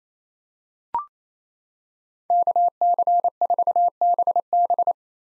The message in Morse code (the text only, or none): KC4BB